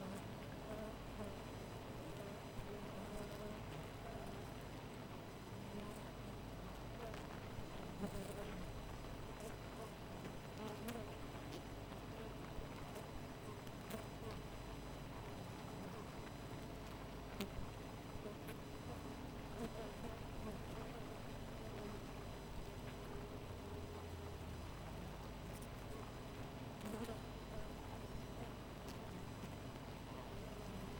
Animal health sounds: honeybee colony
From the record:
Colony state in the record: missing queen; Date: 14 July 2017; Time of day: 4:18

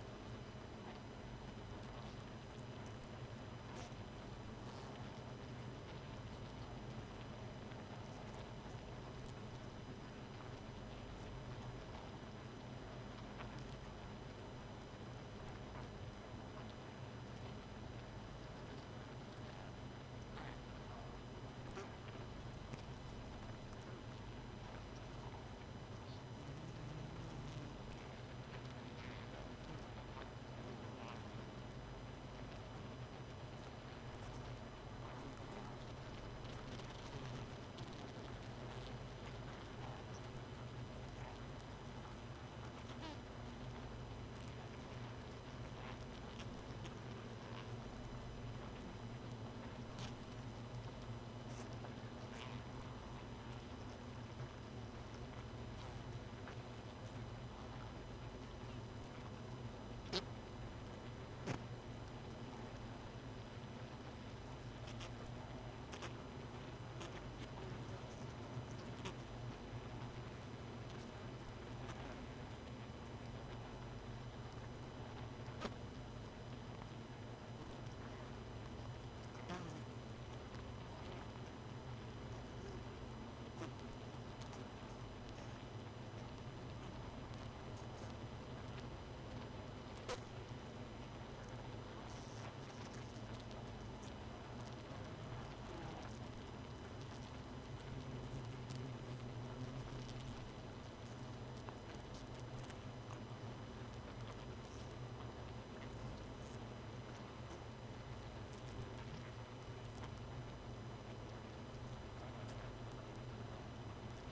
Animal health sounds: honeybee colony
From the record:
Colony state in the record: missing queen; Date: 31 May 2018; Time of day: 1:17

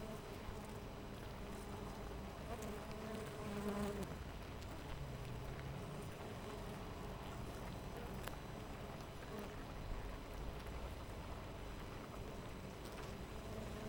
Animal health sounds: honeybee colony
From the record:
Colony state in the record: missing queen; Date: 14 July 2017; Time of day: 6:56

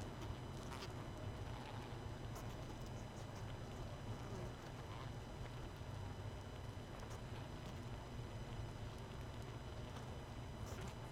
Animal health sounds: honeybee colony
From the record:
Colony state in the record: missing queen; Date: 31 May 2018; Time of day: 21:09

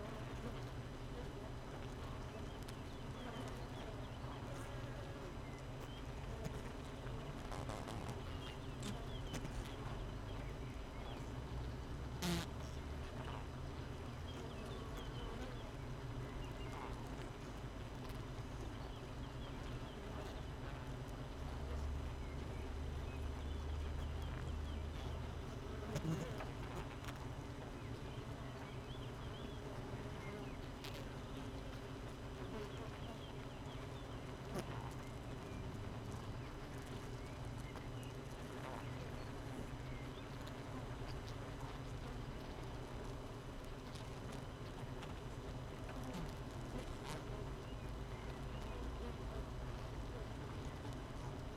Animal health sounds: honeybee colony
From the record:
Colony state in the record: missing queen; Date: 31 May 2018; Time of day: 6:49

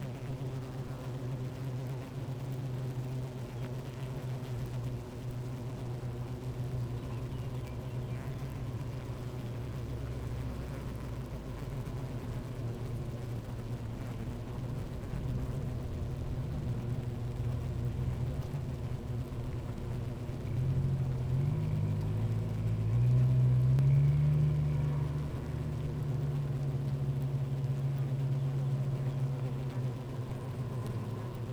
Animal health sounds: honeybee colony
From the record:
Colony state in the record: active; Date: 28 July 2017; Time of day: 12:03

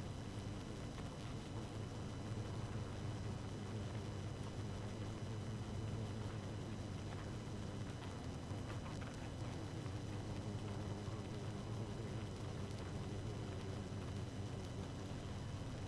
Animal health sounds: honeybee colony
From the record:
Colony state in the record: active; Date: 12 June 2018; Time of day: 0:26

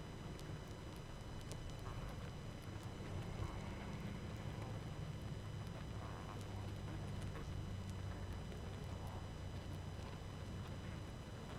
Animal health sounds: honeybee colony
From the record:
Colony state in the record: active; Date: 12 June 2018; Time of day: 20:18

